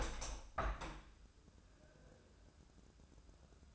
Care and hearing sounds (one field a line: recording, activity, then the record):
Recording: daily activity, microphone in the room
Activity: open window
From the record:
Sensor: 2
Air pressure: 1014.8 hPa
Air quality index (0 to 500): 79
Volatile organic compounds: 2 ppm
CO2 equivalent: 1038 ppm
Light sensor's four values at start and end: 8/19/8/8 and 8/19/8/8